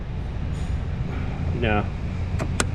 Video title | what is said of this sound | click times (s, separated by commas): Dual Automobile Diagnostic (Hyundai & Kia) Towed In! #autorepair | but it went on with a snap didn't it | 2.6 s